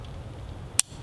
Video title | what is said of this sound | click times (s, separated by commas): Glock Field Knife: BEST Fixed blade Under $30 | just clicks into place and it's real secure and to get it out you just pull up | 0.8 s